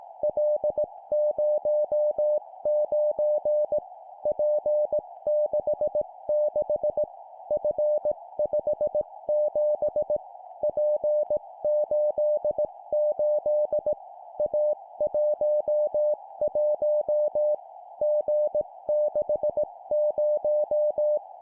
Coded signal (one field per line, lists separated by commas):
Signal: Morse code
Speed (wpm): 18 wpm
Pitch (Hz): 600 Hz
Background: music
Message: L09 P66 F57 P88 A11 G60